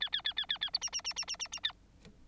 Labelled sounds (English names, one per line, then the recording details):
Bengalese Finch song
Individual Bird9